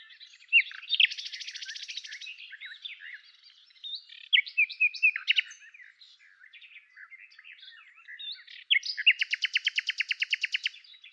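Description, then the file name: Common nightingale singing varied phrases: a buzzy rattling trill, sharp whistled swoops, soft chattering, and a closing fast series of loud repeated notes. "Luscinia megarhynchos"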